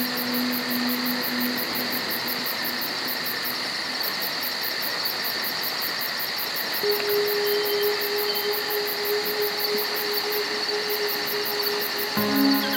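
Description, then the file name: Crickets chirping in a continuous high, even trill with fast pulsing, while a few low steady tones come and go beneath. Crickets chirping in the evening in Florida. "Nature Sounds Nature Music - Florida Crickets Evening Time"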